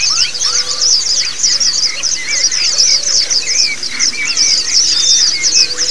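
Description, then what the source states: White-eye chorus of rapid, high-pitched twitters packed tightly together, with scattered lower whistled slurs running through it. Therapy sound of white-eyes singing in ombyokan style, used as a training (masteran) recording.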